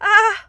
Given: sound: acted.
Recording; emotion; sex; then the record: nonverbal affect burst; fear; female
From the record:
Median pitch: 418 Hz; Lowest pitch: 333 Hz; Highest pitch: 452 Hz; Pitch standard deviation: 23 Hz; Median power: 75.3 dB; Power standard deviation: 14.1 dB